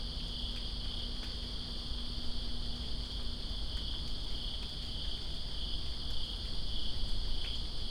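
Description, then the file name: Cricket chorus holding one even, high shimmering trill, partly masked by rain that swells slightly toward the end, plus sharp drip clicks. Crickets in Greensboro on September 2, 2017, during rain. "Greensboro Crickets And Rain September 02 2017"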